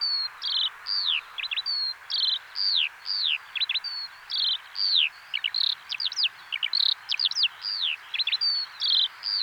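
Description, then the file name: Eurasian skylark singing a rapid, continuous warble of high chirps, slurs and short trills that keeps running without a break. "alauda arvensis"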